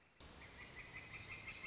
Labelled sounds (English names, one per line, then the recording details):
Northern Flicker
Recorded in Sonoma County, California